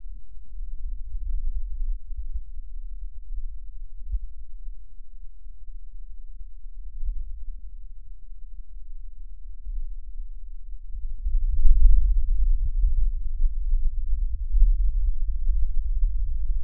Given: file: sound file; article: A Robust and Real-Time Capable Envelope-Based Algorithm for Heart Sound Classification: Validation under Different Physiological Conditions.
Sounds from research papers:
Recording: heart sounds by electronic stethoscope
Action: rest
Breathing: normal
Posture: sitting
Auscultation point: centre of the back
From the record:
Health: healthy, no known heart disease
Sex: male

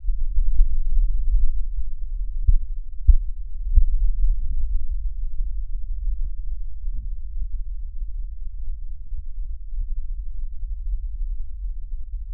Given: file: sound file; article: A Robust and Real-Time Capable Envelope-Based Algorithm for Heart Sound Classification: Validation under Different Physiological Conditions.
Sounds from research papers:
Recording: heart sounds by electronic stethoscope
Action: rest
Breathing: normal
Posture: sitting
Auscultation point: centre of the back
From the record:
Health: healthy, no known heart disease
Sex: male

